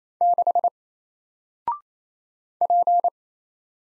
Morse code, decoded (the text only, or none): 6 P